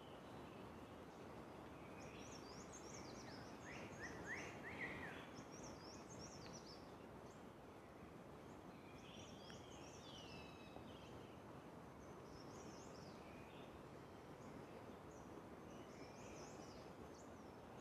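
A steady low rushing wash fills the Garhwal Himalayas scene while several birds chirp and trill brightly above it throughout.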